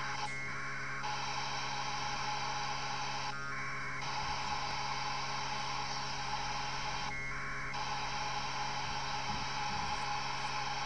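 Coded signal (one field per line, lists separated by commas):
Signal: packet radio (AX.25, as in APRS)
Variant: AFSK 1200 baud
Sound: three brief raspy warbling data bursts separated by steady hiss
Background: radio static, low hum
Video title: Strange Beacons - Decoding APRS Using AFSK1200 at 144 390 00 MHz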